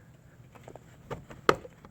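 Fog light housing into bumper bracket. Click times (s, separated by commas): 1.5 s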